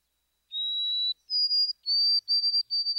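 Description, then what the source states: White-throated Sparrow whistled song: one long, even introductory note, then a step up into a run of clear, repeated notes, pure and sweet in tone. Sweet whistle of one or more introductory notes followed by a series of triplets, 'peepity, peepity, peepity'.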